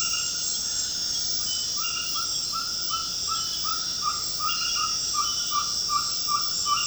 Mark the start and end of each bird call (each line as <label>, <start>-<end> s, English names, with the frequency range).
Ferruginous Pygmy-Owl (0.4-2.2 kHz), 2.13-6.86 s